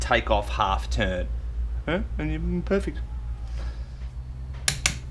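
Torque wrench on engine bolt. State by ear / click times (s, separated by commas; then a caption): torque reached / 4.7 s, 4.9 s. A click-type torque wrench incrementally tightens a bolt on a KTM 250 EXC engine during reassembly while someone talks. Two sharp clicks at 4.7 s and 4.9 s mark the wrench reaching its set torque value.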